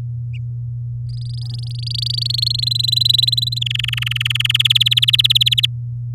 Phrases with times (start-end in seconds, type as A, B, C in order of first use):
1.09-2.60 A, 2.62-3.59 B, 3.61-4.57 C, 4.59-5.66 D